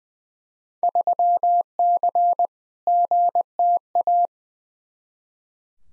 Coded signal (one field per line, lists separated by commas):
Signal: Morse code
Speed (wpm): 20 wpm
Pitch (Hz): 700 Hz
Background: none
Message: 3C GTA